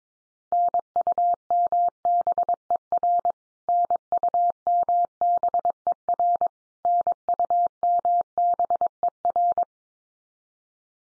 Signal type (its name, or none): Morse code